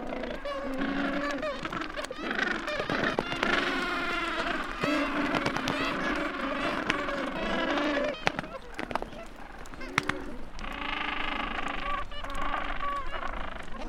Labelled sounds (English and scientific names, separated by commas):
Gentoo Penguin (Pygoscelis papua) call